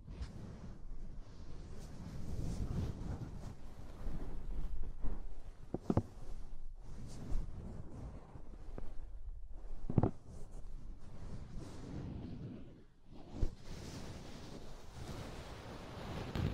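Soft, fluffy rubbing and brushing sounds, muffled and low, continue with uneven swells that rise and fade. Two sharper taps or clicks stand out near six and ten seconds, and the texture briefly thins and quiets around nine and thirteen seconds.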